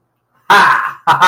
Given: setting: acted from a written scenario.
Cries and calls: vocal sound without words; realization

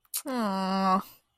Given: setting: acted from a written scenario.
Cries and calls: vocal sound without words; disappointment

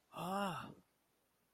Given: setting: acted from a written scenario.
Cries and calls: vocal sound without words; negative surprise

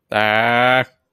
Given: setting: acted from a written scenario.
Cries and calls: vocal sound without words; distress

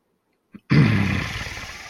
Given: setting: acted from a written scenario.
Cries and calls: vocal sound without words; anger

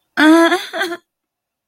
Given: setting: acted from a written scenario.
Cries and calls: vocal sound without words; distress

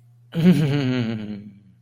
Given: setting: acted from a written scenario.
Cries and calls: vocal sound without words; desire

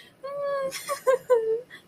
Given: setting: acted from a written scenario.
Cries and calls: vocal sound without words; relief

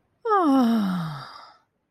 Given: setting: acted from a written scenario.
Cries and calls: vocal sound without words; contentment

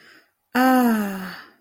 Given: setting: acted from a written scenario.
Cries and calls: vocal sound without words; contentment

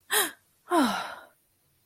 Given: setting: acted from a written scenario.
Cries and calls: vocal sound without words; negative surprise

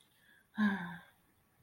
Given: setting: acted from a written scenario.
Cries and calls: vocal sound without words; disappointment

